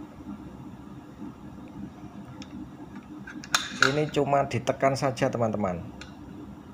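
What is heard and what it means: A conveyor roller's shaft is pressed by hand into its slot in the conveyor frame. After a few faint taps, it snaps in with a sharp knock at 3.6 s and is seated, locking in by pressing alone. Someone then talks.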